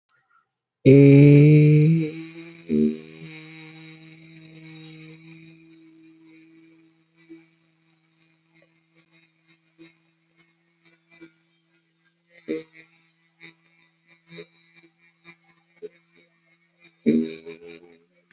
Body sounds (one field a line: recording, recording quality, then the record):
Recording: sustained vowel as in made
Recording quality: excellent, no background noise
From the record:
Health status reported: healthy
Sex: male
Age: 31 years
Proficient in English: yes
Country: India